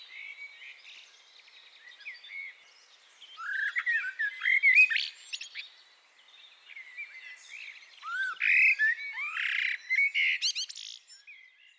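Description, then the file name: Common blackbird singing two phrases of mellow, fluty, sliding notes, each ending in high squeaky twitters, with a short pause between. "Turdus merula"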